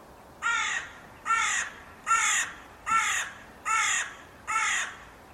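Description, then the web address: Bird giving harsh, nasal caws, six in a row spaced evenly about every 0.8 seconds, each loud, over a steady background hiss. "Bird Only"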